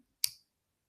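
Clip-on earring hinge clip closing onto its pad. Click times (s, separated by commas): 0.2 s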